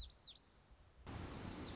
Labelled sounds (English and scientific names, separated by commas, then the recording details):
Lazuli Bunting (Passerina amoena)
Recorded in Sonoma County, California